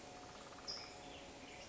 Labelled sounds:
California Towhee (Melozone crissalis)
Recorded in Sonoma County, California

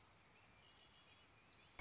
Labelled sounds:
Red-winged Blackbird (Agelaius phoeniceus)
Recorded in Sonoma County, California

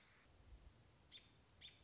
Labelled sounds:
American Robin (Turdus migratorius)
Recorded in Sonoma County, California

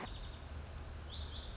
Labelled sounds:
Lazuli Bunting (Passerina amoena)
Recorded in Sonoma County, California

